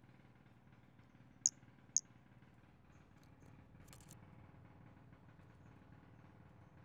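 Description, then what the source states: Pumpkin toadlet call: a pair of brief, sharp, very high chirps about half a second apart, over a low steady hum. Recorded on 5 February 2016.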